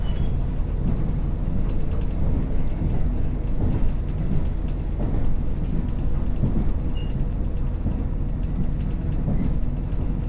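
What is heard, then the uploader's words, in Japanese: Inside a single-car diesel-hybrid train on a rural line, a steady low rumble fills the cabin, with the motor drone and wheel noise holding an even level throughout. Faint clicks and rattles come and go, and a couple of thin, brief high tones appear near the middle and end. 津軽線 蟹田→津軽二股。列車はGV-E400系の1両で、いわゆるハイブリッド車になります。ほどよく混んでいてロングシートに座ります。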